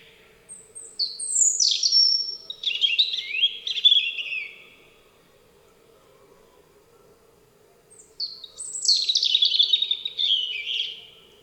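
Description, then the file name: European robin song: two phrases of thin, tumbling high warbles and trills, sliding up and down, separated by about four seconds of quiet; a faint low hum underneath. "Rudzik"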